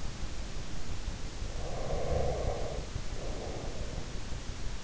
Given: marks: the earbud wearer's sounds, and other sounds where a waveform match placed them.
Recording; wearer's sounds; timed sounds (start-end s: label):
sounds in sleep by an in-ear microphone; breath
1.52-3.93 s: breath